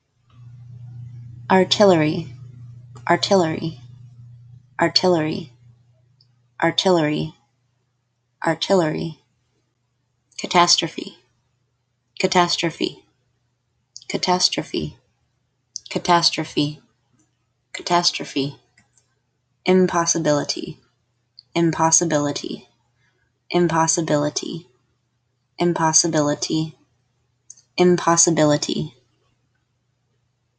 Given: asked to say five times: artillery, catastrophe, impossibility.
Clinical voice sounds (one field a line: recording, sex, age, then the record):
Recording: three words, each repeated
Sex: female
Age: 20 to 29 years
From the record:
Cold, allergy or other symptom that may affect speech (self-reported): no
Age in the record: 29 years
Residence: Minnesota, United States